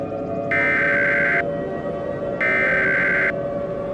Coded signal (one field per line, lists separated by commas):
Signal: Emergency Alert System (SAME) tones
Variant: header bursts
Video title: Bigger than Jupiter (mini Eas scenario)